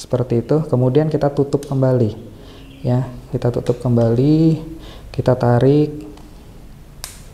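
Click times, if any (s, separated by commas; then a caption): 7.0 s. Someone talks while closing the media mod door around a GoPro Hero 11 Black Creator Edition action camera and pulling the housing shut. A sharp latch click sounds at 7.0 s, and the camera is now seated and attached inside the media mod.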